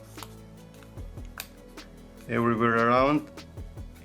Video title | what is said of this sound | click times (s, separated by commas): Replace LCD Screen & front Glass on Samsung A05S / How to Tutorial | hear the clicking sound | 0.2 s, 1.4 s